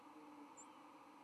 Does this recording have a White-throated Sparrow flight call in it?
no